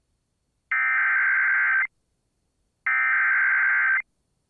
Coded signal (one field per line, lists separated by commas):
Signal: Emergency Alert System (SAME) tones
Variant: header bursts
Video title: TEXAS, TEXAS, WHY TEXAS... | EAS Alerts from May 6th, 2023 (EAS #2466-2482)